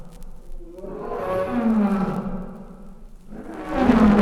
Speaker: Mancher Safari-Teilnehmer verspürt eine leichte Gänsehaut, wenn er nachts das Gebrüll wildlebender Löwen durch die leichte Zeltleinwand hindurch wahrnimmt.